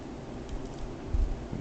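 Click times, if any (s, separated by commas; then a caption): none. A plastic C-clip is handled and pushed toward its mounting peg on the head assembly of a plastic collectible action figure during transformation, with the head moved all the way back. Only soft handling rustle and low rumbling are heard, with a few dull low thumps around 1.1 to 1.3 seconds. Nothing has seated or clicked yet.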